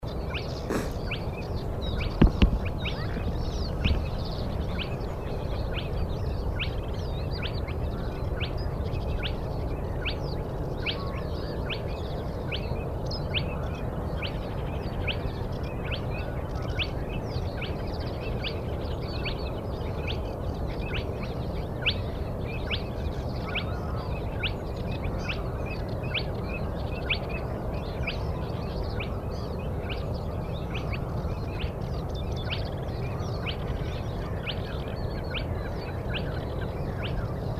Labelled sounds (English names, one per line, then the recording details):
Spotted Crake
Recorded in the wild
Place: Schwedt/Oder, Nationalpark Unteres Odertal, Brandenburg, DE
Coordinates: 53.1037, 14.3534
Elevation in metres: 1
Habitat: wetland
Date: 2015-04-23 04:35
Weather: clear, 4°C, almost windless
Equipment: Sound Devices 702, Sennheiser MKH 70, Rycote Windschutz
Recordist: Frommolt, Karl-Heinz